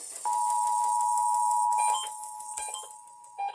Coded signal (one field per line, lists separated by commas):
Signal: Emergency Alert System (SAME) tones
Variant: 853 and 960 Hz attention tone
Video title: NO NEW UPDATES HERE... Broadcast Radio/TV EAS: Required Monthly Test (EAS #844-852)